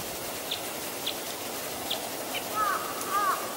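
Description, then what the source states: Red crossbill giving two short, downward-curving call notes near the end, after a few faint high ticks over steady background hiss. Type E call type.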